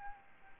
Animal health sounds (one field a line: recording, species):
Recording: mosquito wingbeat signal from an infrared sensor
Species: Aedes albopictus